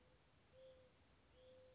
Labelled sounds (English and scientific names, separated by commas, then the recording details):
Mourning Dove (Zenaida macroura)
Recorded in Sonoma County, California